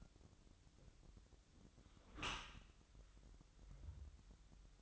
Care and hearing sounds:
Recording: daily activity, microphone in the room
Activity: close dishwasher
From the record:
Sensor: 3

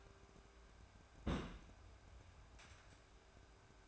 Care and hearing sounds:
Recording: daily activity, microphone in the room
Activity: place on stove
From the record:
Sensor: 2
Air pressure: 1010.1 hPa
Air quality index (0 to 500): 161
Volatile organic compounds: 7 ppm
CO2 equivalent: 2018 ppm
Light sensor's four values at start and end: 42/101/45/51 and 42/101/45/51

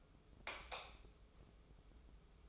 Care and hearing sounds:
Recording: daily activity, microphone in the room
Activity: light off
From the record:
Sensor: 1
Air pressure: 995.4 hPa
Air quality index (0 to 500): 25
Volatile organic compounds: 0 ppm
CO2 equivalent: 502 ppm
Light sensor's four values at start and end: 13/39/15/16 and 10/24/9/10

